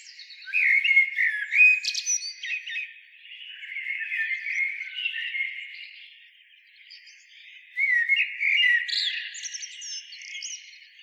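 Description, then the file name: Common blackbird giving a continuous twittering, warbling stream of squeaky notes with higher thin whistles, swelling in bursts near the start and again after eight seconds. "Turdus merula"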